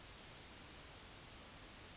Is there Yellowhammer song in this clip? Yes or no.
no